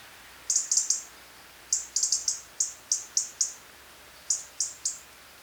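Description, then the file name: European robin giving short, very high thin call notes, single or in quick pairs and triplets, scattered throughout over a quiet background. "Erithacus rubecula"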